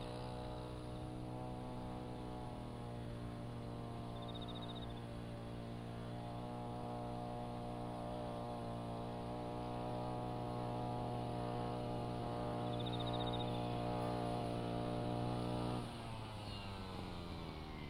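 A brush cutter's engine drones steadily in a sweet potato field, shifting pitch near the end, with brief insect chirps twice.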